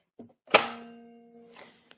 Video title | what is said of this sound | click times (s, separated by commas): AllBrands.com at the 2021 Houston Quilt Festival! - Wednesday, October 27 | you should hear it click into place and then you'll know it's attached | 0.5 s